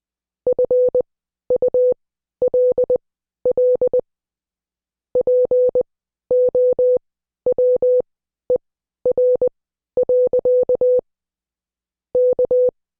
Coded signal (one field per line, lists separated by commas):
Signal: Morse code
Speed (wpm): 20 wpm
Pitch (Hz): 500 Hz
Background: none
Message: FULL POWER. K